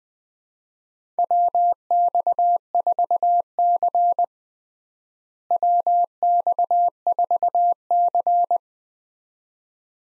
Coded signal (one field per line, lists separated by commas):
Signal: Morse code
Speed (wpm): 20 wpm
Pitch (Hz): 700 Hz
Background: none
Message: WX4C WX4C